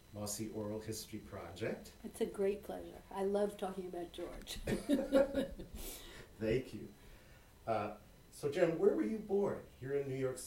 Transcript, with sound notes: Mosse Oral History Project. It's a great pleasure. I love talking about George. (laughter) Thank you. So, Joan, where were you born? Here in New York City.